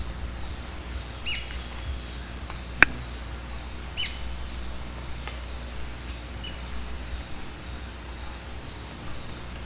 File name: canto do patinho de coroa branca